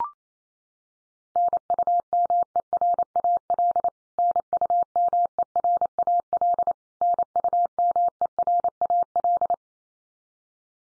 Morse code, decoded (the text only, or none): NUMERAL NUMERAL NUMERAL